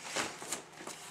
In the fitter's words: and you can hear it click into place and that locks it up into place